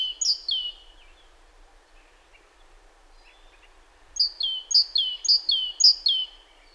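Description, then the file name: Great tit song: a run of two-note phrases ends, a few faint high notes follow, then a fresh series of descending two-note pairs begins. "Parus major"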